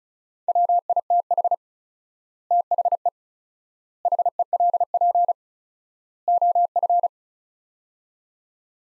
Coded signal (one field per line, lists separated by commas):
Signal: Morse code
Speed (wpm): 36 wpm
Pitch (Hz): 700 Hz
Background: none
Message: WITH THE HELP OF